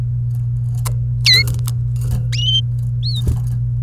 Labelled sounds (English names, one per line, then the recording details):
Domestic Canary song
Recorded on 28 April 2018 at 16:09
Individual llb3